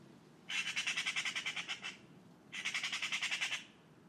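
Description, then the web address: Bird giving harsh, buzzy rattling calls, two bursts of rapid pulses, the first about one and a half seconds, the second about one second. "cianscape birddata Deverinetal 2025"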